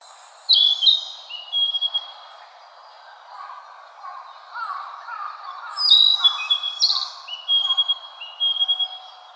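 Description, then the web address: Narcissus flycatcher giving two bright phrases of high whistles and sharp clipped notes, with fainter lower bird sounds in the background. Recorded 18 April 2013. "birdenaga kibitaki S 130418"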